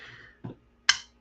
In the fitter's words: Yeah. It's such a solid click.